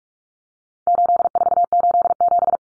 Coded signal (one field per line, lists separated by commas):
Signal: Morse code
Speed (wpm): 44 wpm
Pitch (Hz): 700 Hz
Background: none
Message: 8487